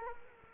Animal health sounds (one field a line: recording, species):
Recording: mosquito wingbeat signal from an infrared sensor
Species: Culex quinquefasciatus